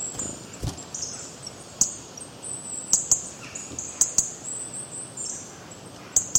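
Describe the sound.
Bird calls: very high, thin chirps repeated at irregular intervals, mixed with sharp clicks against a quiet hiss.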